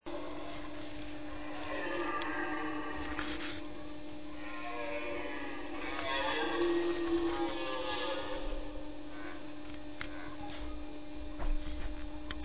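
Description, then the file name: Red deer giving drawn-out, groaning bellows in two main bouts, partly blurred by a constant hum and scattered clicks. Bellowing during the rut. "brame du cerf"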